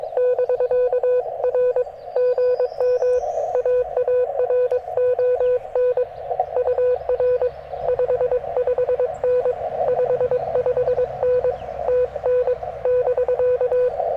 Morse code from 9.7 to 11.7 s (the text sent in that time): 55N